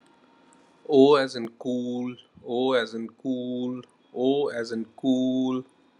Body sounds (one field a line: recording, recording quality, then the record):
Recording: sustained vowel as in boot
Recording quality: poor, much background noise or distortion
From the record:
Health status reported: COVID-19 positive, mild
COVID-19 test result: positive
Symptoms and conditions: muscle pain, loss of smell and taste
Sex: male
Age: 34 years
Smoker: not ticked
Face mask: not worn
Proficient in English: yes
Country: India